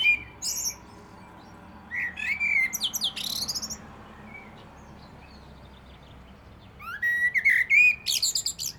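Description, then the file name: Common blackbird song: fluted, wavering whistles followed by high, thin chattering, in phrases separated by quiet gaps. "Turdus merula"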